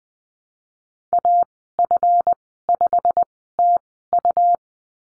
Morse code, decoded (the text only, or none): AF5TU